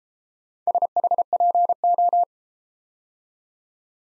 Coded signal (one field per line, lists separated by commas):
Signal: Morse code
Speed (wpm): 32 wpm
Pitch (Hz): 700 Hz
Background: none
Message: SHPO